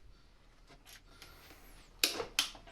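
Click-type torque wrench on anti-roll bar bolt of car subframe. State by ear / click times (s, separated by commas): torque reached / 2.0 s, 2.4 s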